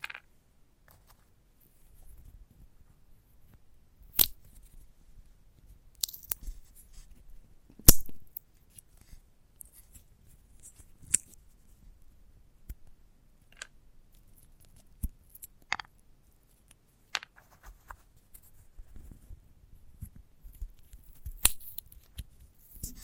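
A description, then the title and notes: ASMR handling of a sunflower head: sharp, dry snaps and crackles break a near-silent background at irregular intervals, roughly every two to three seconds. The clicks are short and bright, with faint low rustling between them and a busier cluster near the end. ASMR of a Sunflower Head (No Talking).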